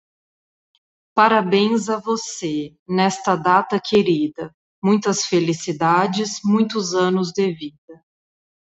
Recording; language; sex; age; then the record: short text; Brazilian Portuguese; female; 30 to 39 years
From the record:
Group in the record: control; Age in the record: 35 years